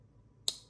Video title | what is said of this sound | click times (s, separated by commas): New From Tempest Knives! - Downdraft Unboxing, Overview, & Skiff Bearing Swap | See, that one has a nice click. | 0.5 s